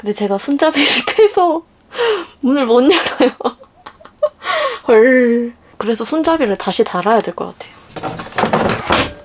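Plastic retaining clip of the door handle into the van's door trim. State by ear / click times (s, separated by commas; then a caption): not seated / none. Someone is refitting the interior sliding-door handle of a van, pushing its plastic retaining clip back into the van's door trim while someone talks and laughs. Knocks and thunks are heard, but the clip fails to seat and nothing has clicked into place yet.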